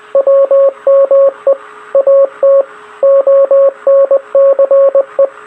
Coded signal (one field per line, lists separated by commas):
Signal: Morse code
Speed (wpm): 20 wpm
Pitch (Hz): 550 Hz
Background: radio noise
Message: W ME AT ONCE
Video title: Titanic CQD Morse code *Free to use*